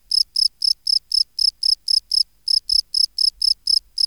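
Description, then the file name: Field cricket song: loud high chirps at a steady pace of about four per second, each a short pulsed burst, with one brief gap midway. "Gryllus campestris"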